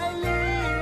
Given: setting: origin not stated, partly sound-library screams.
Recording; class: one-second piece from a danger detection set; normal situation